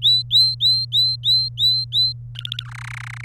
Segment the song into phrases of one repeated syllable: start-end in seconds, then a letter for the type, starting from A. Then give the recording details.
0.02-2.12 A, 2.35-2.63 B, 2.71-3.25 C. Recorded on 27 April 2018 at 13:05. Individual llb3